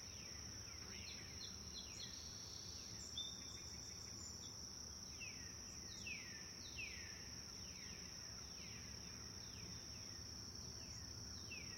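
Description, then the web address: Birds chirping with repeated downward-sliding whistled notes, several overlapping, above a steady high insect drone throughout. Several birds chirping in a forest. "sound-effects-bible Forest Birds Chirp"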